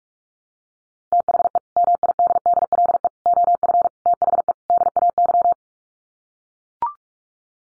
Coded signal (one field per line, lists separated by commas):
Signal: Morse code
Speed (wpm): 44 wpm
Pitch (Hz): 700 Hz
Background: none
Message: THE MIDDLE OF THE DAY